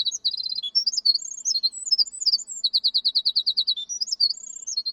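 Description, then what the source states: Winter Wren song: a long, rapid, very high-pitched cascade of trills and tinkling notes, pouring out without pause through the whole stretch. Part of Sitka's soundscape; a little bird about the size of a golf ball, called the 'monster of song'.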